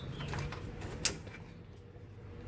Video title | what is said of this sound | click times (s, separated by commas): 2015+ Ford F-150 Soft Open Tailgate Kit Installation | just plug it back in all the way till it clicks and | 1.1 s